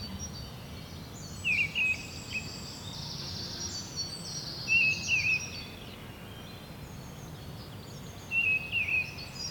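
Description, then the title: Bird calls, a short warbled whistle repeated three times a few seconds apart, with faint high chirping from other birds and soft background noise. Birds ambience recorded at Seneffe, Belgium, with Sony PCM-D100 internal microphones. "Rue du Rossignol 7, 7180 Seneffe, Belgique - Birds ambience"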